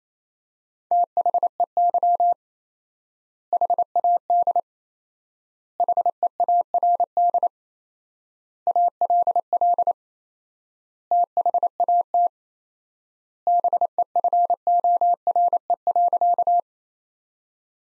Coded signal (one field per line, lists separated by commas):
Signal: Morse code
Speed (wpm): 27 wpm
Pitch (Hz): 700 Hz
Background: none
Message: THEY HAD HEARD ALL THAT BEFORE.